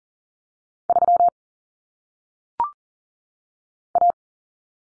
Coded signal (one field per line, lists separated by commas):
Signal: Morse code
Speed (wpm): 40 wpm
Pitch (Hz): 700 Hz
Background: none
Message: 3 A